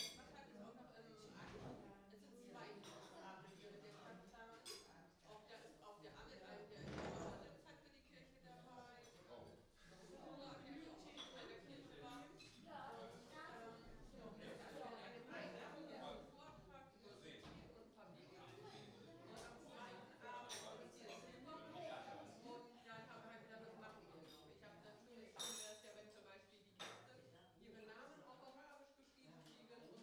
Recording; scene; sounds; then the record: everyday scene through a hearing-aid microphone; many people talking; many voices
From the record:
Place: parish hall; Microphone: in the ear canal, right